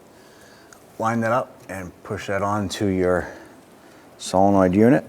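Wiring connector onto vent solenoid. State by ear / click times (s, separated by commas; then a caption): not seated / none. A plastic electrical connector is lined up and pushed onto the vapor canister vent solenoid of a 2006-2013 Chevrolet Impala while someone talks, with a brief faint tick at 0.7 s. The connector is still being handled, and nothing has seated or clicked yet.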